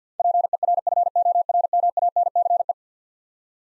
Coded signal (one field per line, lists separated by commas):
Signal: Morse code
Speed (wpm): 50 wpm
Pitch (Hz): 700 Hz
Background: none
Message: PERFORMANCE